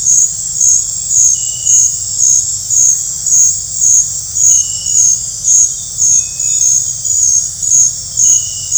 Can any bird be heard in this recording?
no